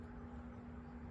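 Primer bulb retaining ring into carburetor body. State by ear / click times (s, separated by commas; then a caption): not seated / none. A new retaining ring for the primer bulb on a mower carburetor is worked back and forth with a screwdriver against the carburetor body. A steady low rumble with a constant hum is heard throughout, with no distinct clicks. Nothing has seated or clicked yet.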